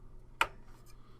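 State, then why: Seated. A 4-pin auxiliary CPU power connector is pressed down onto its motherboard header until its plastic clip latches. A single sharp click sounds at 0.4 seconds against a quiet background, followed by a fainter tick near 0.9 seconds. The connector is confirmed seated.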